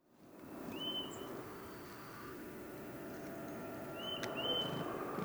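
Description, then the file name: Eurasian nuthatch calls: three short, clear upslurred whistled notes, one near the start and a pair about three seconds later, over steady low rumbling background noise. "Sitta europaea"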